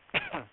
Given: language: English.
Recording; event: throat vibration sensor signal played as sound; cough